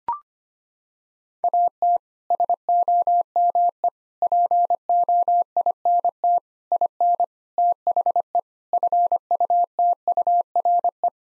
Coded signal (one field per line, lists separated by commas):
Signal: Morse code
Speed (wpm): 25 wpm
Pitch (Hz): 700 Hz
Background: none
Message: AT SOME POINT IN THE FUTURE